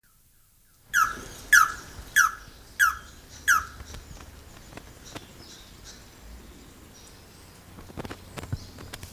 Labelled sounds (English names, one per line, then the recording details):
Red-and-yellow Barbet call
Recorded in captivity
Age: adult
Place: Tiergarten Heidelberg, Baden-Württemberg, DE
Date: 2000-09-27 15:33
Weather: overcast, 16 - 17°C
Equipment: Nagra SN, Kopie Uher 4000 Report Monitor
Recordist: Tembrock, Günter